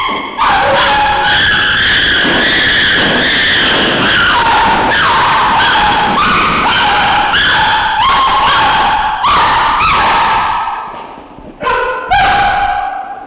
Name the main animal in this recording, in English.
Chimpanzee